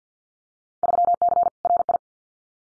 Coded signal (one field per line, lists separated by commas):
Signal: Morse code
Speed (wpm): 50 wpm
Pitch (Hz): 700 Hz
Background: none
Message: 3C RI